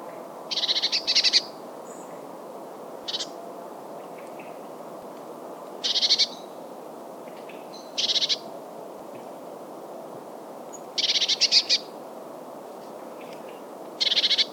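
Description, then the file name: Eurasian blue tit repeating harsh buzzy churrs, short rattling bursts every two to three seconds, some brief and soft, others longer and louder. "Cyanistes caeruleus"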